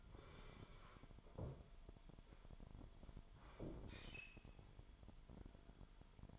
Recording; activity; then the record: daily activity, microphone in the room; sit down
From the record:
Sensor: 5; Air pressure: 998.6 hPa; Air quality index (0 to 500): 85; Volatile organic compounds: 1 ppm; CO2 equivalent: 975 ppm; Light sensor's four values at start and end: 43/105/44/48 and 44/106/44/49